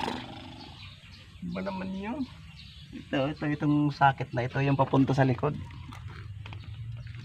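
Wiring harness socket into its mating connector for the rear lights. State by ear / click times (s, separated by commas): seated / 6.5 s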